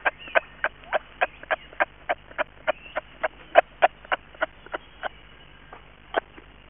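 Eastern grey kangaroo giving sharp clucking clicks, repeated about three to four times a second in a fairly steady run, slightly less even near the end.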